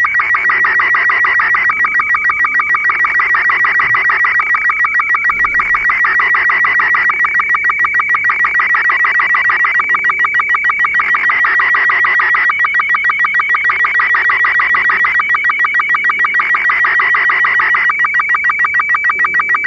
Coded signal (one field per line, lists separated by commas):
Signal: SSTV (slow-scan television)